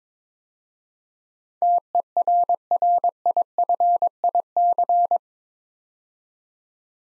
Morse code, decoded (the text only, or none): TERRIFIC